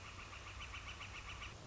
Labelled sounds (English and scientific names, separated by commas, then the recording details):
Northern Flicker (Colaptes auratus)
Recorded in Sonoma County, California